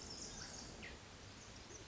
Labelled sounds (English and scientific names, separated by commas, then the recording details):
Pacific Wren (Troglodytes pacificus)
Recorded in Sonoma County, California